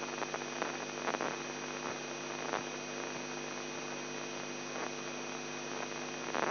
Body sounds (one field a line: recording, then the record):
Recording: brain microelectrode recording played as sound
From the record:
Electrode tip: inside the subthalamic nucleus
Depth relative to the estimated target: 0 mm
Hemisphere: left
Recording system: AlphaMap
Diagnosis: Parkinson's disease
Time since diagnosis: 11 years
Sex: male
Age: 42 years